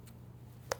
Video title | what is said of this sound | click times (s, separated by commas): AccuTap™ Overview | You have an adapter that simply goes into the holder. Snaps into place and | 0.7 s